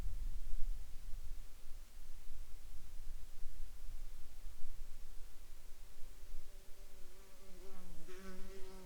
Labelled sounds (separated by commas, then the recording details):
insects
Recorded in the Arctic National Wildlife Refuge, Alaska, on 20 July 2021 at 10:14
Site 37